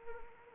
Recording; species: mosquito wingbeat signal from an infrared sensor; Anopheles arabiensis